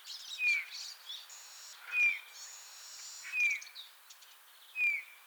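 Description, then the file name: Eurasian bullfinch calls: four clear, piping whistles sliding slightly downward, about every one and a half seconds, with other birds chirping and a thin high buzz behind. "Pyrrhula pyrrhula"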